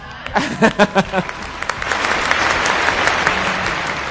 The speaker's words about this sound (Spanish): Y el aplauso para Avengers, gracias, ¿no?